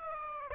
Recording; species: mosquito wingbeat signal from an infrared sensor; Aedes aegypti